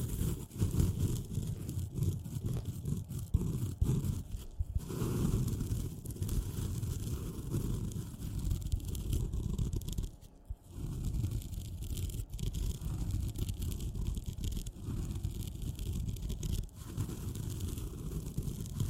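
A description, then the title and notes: A sponge scratches and rubs continuously for the whole stretch, a dense, gritty scouring, heaviest in the low range. The strokes run fast and uneven, with brief lifts near five, ten and seventeen seconds before the rubbing resumes. ASMR Sponge Scratching & Rubbing (NO TALKING).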